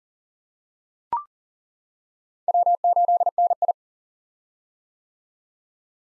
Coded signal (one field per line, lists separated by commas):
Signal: Morse code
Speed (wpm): 40 wpm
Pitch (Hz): 700 Hz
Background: none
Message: W8NI